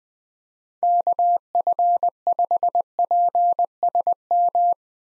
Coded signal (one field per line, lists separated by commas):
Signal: Morse code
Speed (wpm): 21 wpm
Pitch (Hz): 700 Hz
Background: none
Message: KF5PSM